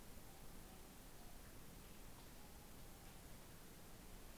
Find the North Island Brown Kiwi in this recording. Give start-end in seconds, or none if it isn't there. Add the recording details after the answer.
none. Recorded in New Zealand on 16 November 2013. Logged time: 22:29. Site BS16